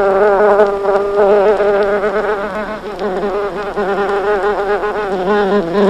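Bumblebee buzzing: a continuous low droning hum with rich harmonics, wavering slightly in pitch and loudness throughout the six seconds.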